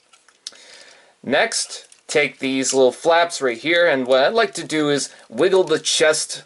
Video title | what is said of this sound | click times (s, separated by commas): Transformers Generations IDW Leader Class JETFIRE | and fold this section up. It will click into place and fold up | 0.5 s